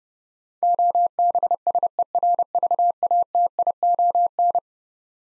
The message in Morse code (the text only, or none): OBSERVATION